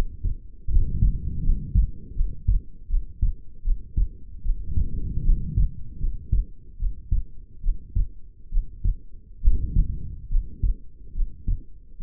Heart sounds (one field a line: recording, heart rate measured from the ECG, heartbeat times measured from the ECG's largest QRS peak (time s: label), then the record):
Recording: heart sounds by stethoscope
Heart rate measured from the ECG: 74 bpm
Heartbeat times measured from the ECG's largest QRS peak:
0.68 s: heartbeat
1.42 s: heartbeat
2.14 s: heartbeat
2.88 s: heartbeat
3.62 s: heartbeat
4.42 s: heartbeat
5.23 s: heartbeat
5.98 s: heartbeat
6.77 s: heartbeat
7.61 s: heartbeat
8.50 s: heartbeat
9.41 s: heartbeat
10.28 s: heartbeat
11.12 s: heartbeat
11.97 s: heartbeat
From the record:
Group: healthy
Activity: rest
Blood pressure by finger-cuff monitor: 112/73 mmHg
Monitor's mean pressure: 89 mmHg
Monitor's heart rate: 76 bpm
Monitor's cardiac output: 6.5 L/min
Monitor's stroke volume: 88 mL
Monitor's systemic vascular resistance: 1000 dyn s/cm5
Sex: female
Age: 22 years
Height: 160 cm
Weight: 45 kg